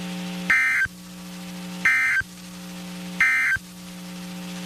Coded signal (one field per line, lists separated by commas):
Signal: Emergency Alert System (SAME) tones